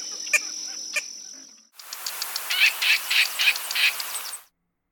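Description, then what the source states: Least Bittern alarm call: a rapid burst of harsh, clipped notes repeated several times a second for under three seconds. Alarm call; wetland bird.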